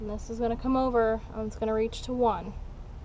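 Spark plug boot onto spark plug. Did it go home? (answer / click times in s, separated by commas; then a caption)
no / none. A spark plug wire is being handled on a Saturn SL engine, routed over toward cylinder one so its boot can be pushed onto the spark plug, while someone talks throughout. Low background hum sits under the voice, and there is no sharp transient. The boot has not clicked onto the plug yet.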